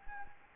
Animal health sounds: mosquito wingbeat signal from an infrared sensor; Anopheles gambiae

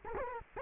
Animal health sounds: mosquito wingbeat signal from an infrared sensor; Culex quinquefasciatus

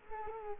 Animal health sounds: mosquito wingbeat signal from an infrared sensor; Culex quinquefasciatus

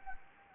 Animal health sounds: mosquito wingbeat signal from an infrared sensor; Anopheles gambiae

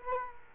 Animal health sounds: mosquito wingbeat signal from an infrared sensor; Culex quinquefasciatus

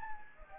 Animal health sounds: mosquito wingbeat signal from an infrared sensor; Anopheles gambiae

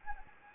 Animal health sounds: mosquito wingbeat signal from an infrared sensor; Anopheles gambiae

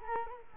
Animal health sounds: mosquito wingbeat signal from an infrared sensor; Culex quinquefasciatus

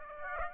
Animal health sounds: mosquito wingbeat signal from an infrared sensor; Aedes aegypti

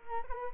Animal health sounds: mosquito wingbeat signal from an infrared sensor; Culex quinquefasciatus

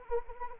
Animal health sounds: mosquito wingbeat signal from an infrared sensor; Anopheles arabiensis

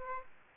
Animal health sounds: mosquito wingbeat signal from an infrared sensor; Aedes aegypti

